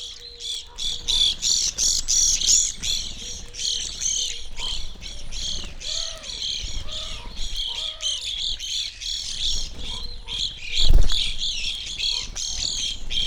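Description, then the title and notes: Evening grosbeak calls, many harsh chirps overlapping, with soft low whistled notes repeating in the middle and a brief knock near eleven seconds. Flock feeding on sunflower seeds from a feeder hanging in a birch tree, backyard in McCloud, Siskiyou County, California; relatively warm winter morning; microphones placed on either side of the tree trunk. "I recorded this at my home in the small town of McCloud in Siskiyou County, California. It was a relatively warm winter morning, and a flock of Evening Grosbeaks was busily eating a breakfast of sunflower seeds from a feeder hanging from the branch of a birch tree in my backyard."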